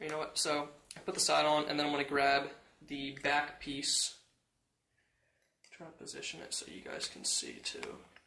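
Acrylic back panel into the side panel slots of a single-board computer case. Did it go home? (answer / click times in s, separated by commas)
no / none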